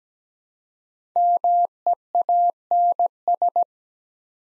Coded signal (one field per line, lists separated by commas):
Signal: Morse code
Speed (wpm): 17 wpm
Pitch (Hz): 700 Hz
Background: none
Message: MEANS